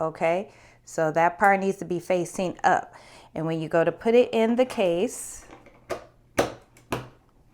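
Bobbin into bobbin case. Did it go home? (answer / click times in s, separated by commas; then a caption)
yes / 6.4 s, 6.9 s. Someone talks, then an embroidery machine bobbin is pushed into its metal bobbin case with the marked side facing up. Sharp snaps are heard at 6.4 s and 6.9 s as the bobbin locks into place in the case.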